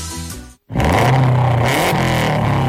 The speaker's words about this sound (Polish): Tak brzmi 280 koni mocy samochodu rajdowego Kajetana Kajetanowicza, dwukrotnego mistrza Europy.